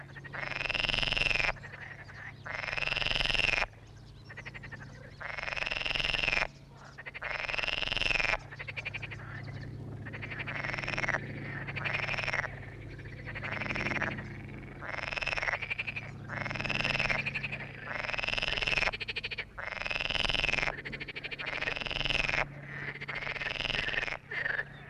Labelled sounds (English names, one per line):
Edible Frog call